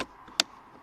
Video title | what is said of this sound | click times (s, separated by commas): Skoda karoq pollen cabin filter replacement | you'll hear the click, and it will actually hold it there. | 0.4 s